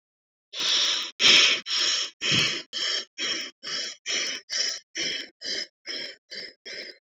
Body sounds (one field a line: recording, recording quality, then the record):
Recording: shallow breathing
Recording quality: excellent, no background noise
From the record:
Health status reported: exposed to COVID-19, no respiratory illness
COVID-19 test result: negative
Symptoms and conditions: loss of smell and taste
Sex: female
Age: 30 years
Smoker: not ticked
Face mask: not worn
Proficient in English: yes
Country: India